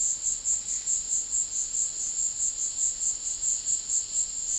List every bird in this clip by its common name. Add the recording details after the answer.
none. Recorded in dense forest near Puerto Asís, Putumayo, Colombia, on 19 February 2024 at 14:30. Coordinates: 0.500, -76.322. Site G6465